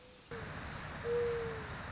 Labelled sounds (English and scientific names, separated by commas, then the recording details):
Mourning Dove (Zenaida macroura)
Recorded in Sonoma County, California